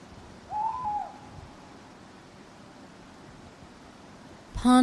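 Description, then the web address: Owl giving a single drawn-out hoot, followed by quiet, then a sudden loud ringing tone at the very end. Owls hooting at night in a churchyard, with a clock striking. "birds backgrounds churchyard night owls hooting clock strike"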